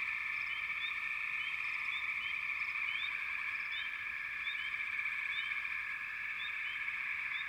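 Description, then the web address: Frog chorus, a dense unbroken high trilling hum overlaid by quick rising chirps scattered throughout, with no other sounds. Frog chorus recorded in the American wilds. "Enter Natures Songs Nature Sounds The Natural Sounds of the Wilderness 10 CDs collection Echoes of Nature - American Wilds Frog Chourus"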